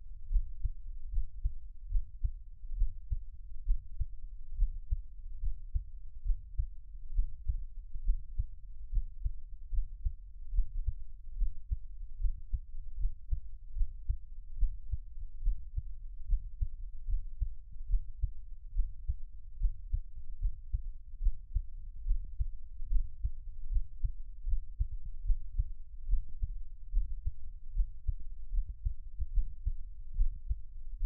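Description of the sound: Heart, close up. A normal heartbeat at about 71 beats per minute, heard through a close microphone with no talking.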